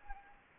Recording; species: mosquito wingbeat signal from an infrared sensor; Anopheles gambiae